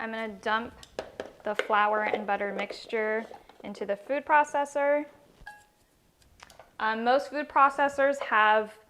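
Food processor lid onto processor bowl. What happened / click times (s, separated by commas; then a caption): Handled, not yet home: the processor lid has not clicked locked / none. Someone talks while a flour and butter mixture goes into a food processor and the lid is handled over the processor bowl, with a few brief sharp knocks and clinks at about 5.5 s and 6.2 to 6.6 s during a pause in the talking. The lid has not locked onto the bowl yet; nothing has seated or clicked.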